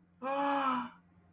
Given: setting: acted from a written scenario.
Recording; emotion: vocal sound without words; distress